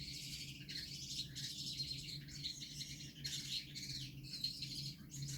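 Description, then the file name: Gouldian finch singing thin buzzy notes and squeaky trills in quick succession, accompanied by a low background hum. Male singing. "samec amadiny gulda poyot"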